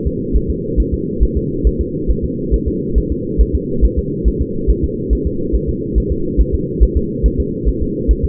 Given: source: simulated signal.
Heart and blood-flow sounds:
fetal heart sounds
0.07 s: S2
0.36 s: S1
0.50 s: S2
0.80 s: S1
0.94 s: S2
1.23 s: S1
1.37 s: S2
1.67 s: S1
1.81 s: S2
2.10 s: S1
2.24 s: S2
2.54 s: S1
2.68 s: S2
2.98 s: S1
3.12 s: S2
3.41 s: S1
3.55 s: S2
3.85 s: S1
3.99 s: S2
4.28 s: S1
4.42 s: S2
4.70 s: S1
4.84 s: S2
5.13 s: S1
5.27 s: S2
5.55 s: S1
5.69 s: S2
5.98 s: S1
6.12 s: S2
6.40 s: S1
6.54 s: S2
6.83 s: S1
6.97 s: S2
7.26 s: S1
7.40 s: S2
7.69 s: S1
7.82 s: S2
8.11 s: S1
8.25 s: S2
From the record:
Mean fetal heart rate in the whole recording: 140 bpm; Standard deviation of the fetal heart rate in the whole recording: 2 bpm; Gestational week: 34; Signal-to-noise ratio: -6.6 dB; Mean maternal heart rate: 72 bpm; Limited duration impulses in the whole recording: present

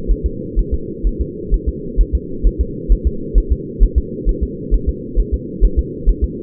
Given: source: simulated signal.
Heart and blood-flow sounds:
fetal heart sounds
0.11 s: S1
0.26 s: S2
0.59 s: S1
0.74 s: S2
1.07 s: S1
1.21 s: S2
1.54 s: S1
1.69 s: S2
2.01 s: S1
2.15 s: S2
2.47 s: S1
2.61 s: S2
2.92 s: S1
3.07 s: S2
3.38 s: S1
3.52 s: S2
3.83 s: S1
3.98 s: S2
4.29 s: S1
4.43 s: S2
4.74 s: S1
4.89 s: S2
5.20 s: S1
5.34 s: S2
5.65 s: S1
5.79 s: S2
6.09 s: S1
6.24 s: S2
From the record:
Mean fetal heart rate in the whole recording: 130 bpm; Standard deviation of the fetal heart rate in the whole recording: 2 bpm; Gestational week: 36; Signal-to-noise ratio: -4.3 dB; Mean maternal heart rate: 72 bpm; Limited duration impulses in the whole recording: absent

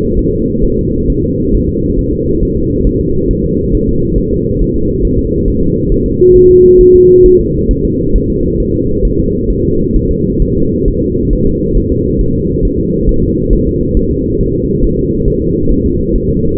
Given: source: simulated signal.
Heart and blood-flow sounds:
fetal heart sounds
0.19 s: S1
0.34 s: S2
0.65 s: S1
0.79 s: S2
1.10 s: S1
1.24 s: S2
1.54 s: S1
1.69 s: S2
1.99 s: S1
2.13 s: S2
2.43 s: S1
2.57 s: S2
2.87 s: S1
3.01 s: S2
3.31 s: S1
3.45 s: S2
3.75 s: S1
3.89 s: S2
4.18 s: S1
4.33 s: S2
4.62 s: S1
4.76 s: S2
5.05 s: S1
5.19 s: S2
5.48 s: S1
5.62 s: S2
5.92 s: S1
6.06 s: S2
6.36 s: S1
6.50 s: S2
6.81 s: S1
6.95 s: S2
7.26 s: S1
7.40 s: S2
7.71 s: S1
7.85 s: S2
8.16 s: S1
8.30 s: S2
8.60 s: S1
8.75 s: S2
9.05 s: S1
9.20 s: S2
9.50 s: S1
9.65 s: S2
9.96 s: S1
10.11 s: S2
10.42 s: S1
10.57 s: S2
10.88 s: S1
11.02 s: S2
11.33 s: S1
11.47 s: S2
11.77 s: S1
11.92 s: S2
12.21 s: S1
12.36 s: S2
12.65 s: S1
12.80 s: S2
13.09 s: S1
13.23 s: S2
13.53 s: S1
13.67 s: S2
13.97 s: S1
14.11 s: S2
14.41 s: S1
14.55 s: S2
14.84 s: S1
14.99 s: S2
15.28 s: S1
15.42 s: S2
15.72 s: S1
15.86 s: S2
16.16 s: S1
16.30 s: S2
From the record:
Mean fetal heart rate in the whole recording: 135 bpm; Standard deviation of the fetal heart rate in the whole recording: 3 bpm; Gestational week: 36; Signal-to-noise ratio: -15.3 dB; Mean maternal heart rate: 72 bpm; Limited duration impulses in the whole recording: present

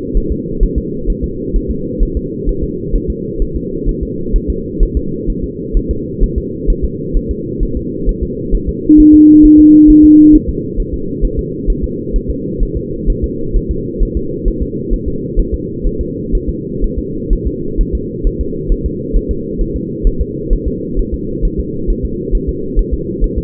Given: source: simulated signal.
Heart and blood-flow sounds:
fetal heart sounds
0.17 s: S1
0.32 s: S2
0.63 s: S1
0.78 s: S2
1.10 s: S1
1.24 s: S2
1.56 s: S1
1.71 s: S2
2.03 s: S1
2.17 s: S2
2.49 s: S1
2.64 s: S2
2.96 s: S1
3.10 s: S2
3.42 s: S1
3.56 s: S2
3.89 s: S1
4.03 s: S2
4.36 s: S1
4.50 s: S2
4.83 s: S1
4.97 s: S2
5.30 s: S1
5.44 s: S2
5.77 s: S1
5.91 s: S2
6.23 s: S1
6.38 s: S2
6.70 s: S1
6.84 s: S2
7.16 s: S1
7.31 s: S2
7.63 s: S1
7.77 s: S2
8.09 s: S1
8.23 s: S2
8.55 s: S1
8.69 s: S2
9.00 s: S1
9.15 s: S2
9.45 s: S1
9.60 s: S2
9.90 s: S1
10.05 s: S2
10.35 s: S1
10.49 s: S2
10.80 s: S1
10.94 s: S2
11.24 s: S1
11.39 s: S2
11.70 s: S1
11.84 s: S2
12.16 s: S1
12.30 s: S2
12.63 s: S1
12.77 s: S2
13.10 s: S1
13.24 s: S2
13.56 s: S1
13.71 s: S2
14.03 s: S1
14.17 s: S2
14.48 s: S1
14.62 s: S2
14.94 s: S1
15.08 s: S2
15.40 s: S1
15.54 s: S2
15.87 s: S1
16.01 s: S2
16.35 s: S1
16.49 s: S2
16.84 s: S1
16.98 s: S2
17.33 s: S1
17.47 s: S2
17.81 s: S1
17.95 s: S2
18.27 s: S1
18.41 s: S2
18.72 s: S1
18.86 s: S2
19.16 s: S1
19.31 s: S2
19.61 s: S1
19.76 s: S2
20.07 s: S1
20.21 s: S2
20.53 s: S1
20.67 s: S2
20.99 s: S1
21.14 s: S2
21.45 s: S1
21.59 s: S2
21.90 s: S1
22.05 s: S2
22.35 s: S1
22.49 s: S2
22.79 s: S1
22.94 s: S2
23.24 s: S1
23.38 s: S2
From the record:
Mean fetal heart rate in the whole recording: 130 bpm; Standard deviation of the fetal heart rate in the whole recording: 4 bpm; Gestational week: 38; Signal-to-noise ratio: -6.6 dB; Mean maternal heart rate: 72 bpm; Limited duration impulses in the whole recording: present

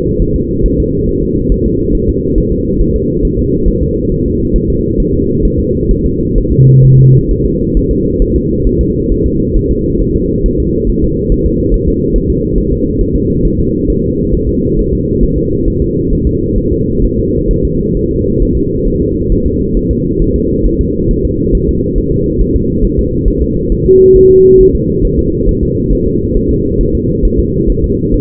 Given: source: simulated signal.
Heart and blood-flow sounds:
fetal heart sounds
0.22 s: S1
0.36 s: S2
0.66 s: S1
0.80 s: S2
1.09 s: S1
1.23 s: S2
1.52 s: S1
1.66 s: S2
1.95 s: S1
2.09 s: S2
2.38 s: S1
2.52 s: S2
2.81 s: S1
2.96 s: S2
3.25 s: S1
3.39 s: S2
3.68 s: S1
3.83 s: S2
4.12 s: S1
4.26 s: S2
4.56 s: S1
4.70 s: S2
5.00 s: S1
5.14 s: S2
5.45 s: S1
5.59 s: S2
5.91 s: S1
6.06 s: S2
6.38 s: S1
6.52 s: S2
6.85 s: S1
6.99 s: S2
7.31 s: S1
7.46 s: S2
7.77 s: S1
7.91 s: S2
8.22 s: S1
8.36 s: S2
8.67 s: S1
8.81 s: S2
9.11 s: S1
9.26 s: S2
9.57 s: S1
9.71 s: S2
10.01 s: S1
10.16 s: S2
10.46 s: S1
10.60 s: S2
10.89 s: S1
11.04 s: S2
11.32 s: S1
11.46 s: S2
11.74 s: S1
11.88 s: S2
12.16 s: S1
12.30 s: S2
12.58 s: S1
12.72 s: S2
13.01 s: S1
13.16 s: S2
13.45 s: S1
13.59 s: S2
13.90 s: S1
14.04 s: S2
14.34 s: S1
14.49 s: S2
14.79 s: S1
14.93 s: S2
15.23 s: S1
15.38 s: S2
15.68 s: S1
15.82 s: S2
16.13 s: S1
16.27 s: S2
16.58 s: S1
16.73 s: S2
17.04 s: S1
17.19 s: S2
17.51 s: S1
17.65 s: S2
17.97 s: S1
18.11 s: S2
18.42 s: S1
18.57 s: S2
18.87 s: S1
19.02 s: S2
19.32 s: S1
19.46 s: S2
19.77 s: S1
19.91 s: S2
20.22 s: S1
20.36 s: S2
20.66 s: S1
20.81 s: S2
21.11 s: S1
21.25 s: S2
21.55 s: S1
21.69 s: S2
21.98 s: S1
22.12 s: S2
22.41 s: S1
22.56 s: S2
22.84 s: S1
22.99 s: S2
23.28 s: S1
23.42 s: S2
23.72 s: S1
23.86 s: S2
24.16 s: S1
24.31 s: S2
24.60 s: S1
24.75 s: S2
25.05 s: S1
25.19 s: S2
25.49 s: S1
25.63 s: S2
25.93 s: S1
26.07 s: S2
26.37 s: S1
26.51 s: S2
26.81 s: S1
26.95 s: S2
27.25 s: S1
27.39 s: S2
27.70 s: S1
27.84 s: S2
28.14 s: S1
From the record:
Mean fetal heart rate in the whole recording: 135 bpm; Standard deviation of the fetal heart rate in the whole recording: 3 bpm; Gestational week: 36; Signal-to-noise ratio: -10.2 dB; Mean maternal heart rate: 72 bpm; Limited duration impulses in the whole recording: present

